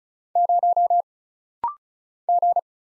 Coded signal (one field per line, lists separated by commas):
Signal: Morse code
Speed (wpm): 35 wpm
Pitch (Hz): 700 Hz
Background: none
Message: 0 G